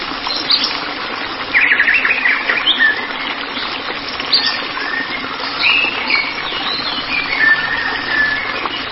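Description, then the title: White-rumped shama song with rich whistled phrases, trills and chattering notes that come and go throughout, over steady hiss. "Kicau Murai Batu"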